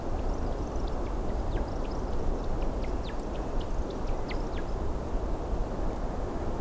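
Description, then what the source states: American woodcock display flight, rapid high twitters mixed with many steep falling chirps, set against a continuous low rumble. Another woodcock heard when the recordist thought the season's woodcocks were done for the year.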